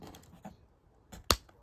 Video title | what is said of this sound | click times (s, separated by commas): Audi TT Mk1 key fob battery replacement 1997 - 2006 A4 / S4 🔑 | place and push the body back into the key until it clicks into place | 1.3 s